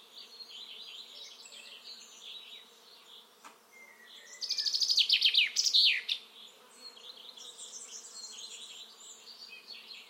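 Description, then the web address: Common chaffinch song: one bright phrase of rapid repeated notes lasting about two seconds, ending in a quick flourish, over a steady chorus of other small birds. "Deverinetal 2025 File origin Bird Only Fr Co"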